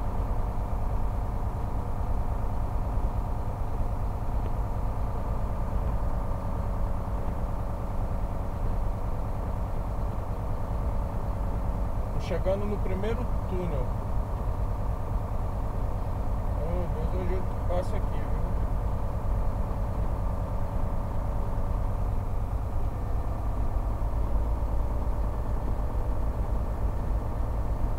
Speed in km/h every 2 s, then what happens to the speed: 19, 19, 19, 19, 19, 19, 19, 19, 19, 19, 19, 18, 18, 18.
0-28 steady at about 19.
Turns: none.